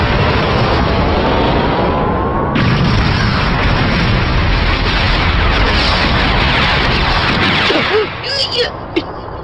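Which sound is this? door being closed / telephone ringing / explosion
explosion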